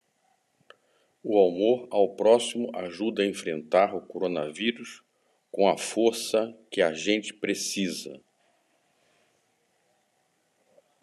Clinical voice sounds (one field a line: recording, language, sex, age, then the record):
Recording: spoken sentence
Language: Brazilian Portuguese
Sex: male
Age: 60 to 69 years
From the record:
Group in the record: control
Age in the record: 65 years